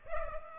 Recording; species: mosquito wingbeat signal from an infrared sensor; Culex pipiens